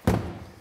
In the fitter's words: ist einfach der Klick drinne und dann bricht da auch kein Clip ab und